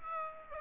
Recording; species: mosquito wingbeat signal from an infrared sensor; Aedes aegypti